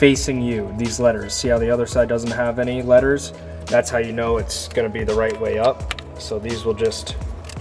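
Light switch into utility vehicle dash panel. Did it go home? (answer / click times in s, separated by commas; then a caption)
no / none. A light switch for a Kubota RTV X1140 utility vehicle is held with its lettered side facing forward, ready to be pressed into its opening in the plastic dash panel, while someone talks over background music. Nothing has seated or clicked yet; the clip ends just before the switch goes in, with one brief sharp sound at 7.5 s.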